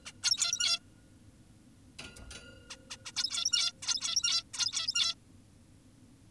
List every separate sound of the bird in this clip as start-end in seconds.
0.06-0.12, 0.23-0.79, 2.70-2.77, 2.90-2.97, 3.06-3.12, 3.17-3.73, 3.83-4.44, 4.54-5.15